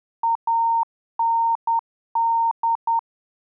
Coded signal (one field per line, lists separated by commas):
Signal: Morse code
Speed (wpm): 10 wpm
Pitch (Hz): 920 Hz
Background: none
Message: AND